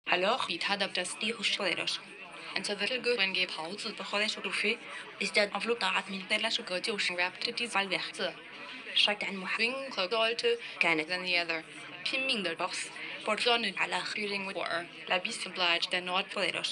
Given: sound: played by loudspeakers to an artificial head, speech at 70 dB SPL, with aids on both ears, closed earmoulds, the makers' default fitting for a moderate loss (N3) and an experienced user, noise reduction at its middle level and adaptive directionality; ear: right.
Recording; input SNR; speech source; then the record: speech test signal (ISTS) in cocktail-party noise; +9 dB; on the right (90 degrees)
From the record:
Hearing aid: class 2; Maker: I